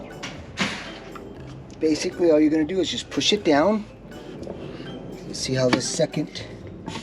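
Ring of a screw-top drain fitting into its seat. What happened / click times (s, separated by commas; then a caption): Handled, not yet home: a plastic ring is pushed down but no seating click is heard / none. Someone talks while a screw-top drain fitting is pushed down so its second ring can drop into its seat, with a few brief handling knocks. The clip ends before the ring goes home; nothing has seated or clicked yet.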